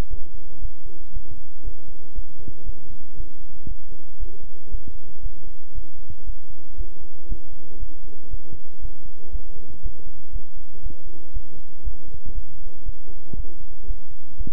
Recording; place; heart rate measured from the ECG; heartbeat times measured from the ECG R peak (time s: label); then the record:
heart sounds by stethoscope; between the tricuspid and mitral areas; 118 bpm
0.08 s: heartbeat
0.60 s: heartbeat
1.11 s: heartbeat
1.62 s: heartbeat
2.13 s: heartbeat
2.64 s: heartbeat
3.15 s: heartbeat
3.66 s: heartbeat
4.18 s: heartbeat
4.69 s: heartbeat
5.21 s: heartbeat
5.73 s: heartbeat
6.24 s: heartbeat
6.76 s: heartbeat
7.27 s: heartbeat
7.78 s: heartbeat
8.29 s: heartbeat
8.80 s: heartbeat
9.30 s: heartbeat
9.81 s: heartbeat
10.31 s: heartbeat
10.81 s: heartbeat
11.32 s: heartbeat
11.82 s: heartbeat
12.33 s: heartbeat
12.84 s: heartbeat
13.35 s: heartbeat
13.86 s: heartbeat
14.36 s: heartbeat
From the record:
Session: bicycle stress test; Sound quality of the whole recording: good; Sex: male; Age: 26 years